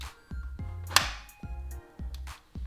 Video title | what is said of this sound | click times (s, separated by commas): Wiring a fully built Raijintek Ponos TG Case | the card is locked in okay | 1.0 s